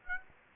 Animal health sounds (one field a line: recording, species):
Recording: mosquito wingbeat signal from an infrared sensor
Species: Aedes aegypti